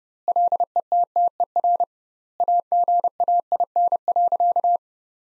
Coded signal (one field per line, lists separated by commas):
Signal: Morse code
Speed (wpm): 32 wpm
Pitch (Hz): 700 Hz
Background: none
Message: LETTER AGAIN.